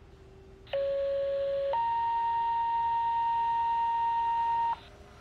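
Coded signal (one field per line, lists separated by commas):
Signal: two-tone page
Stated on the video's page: Fire/EMS pager tones from a GTA 5 game mod with custom tones and stations.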